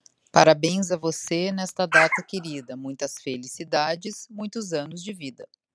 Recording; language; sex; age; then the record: short text; Brazilian Portuguese; female; 50 to 59 years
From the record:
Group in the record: control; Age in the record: 58 years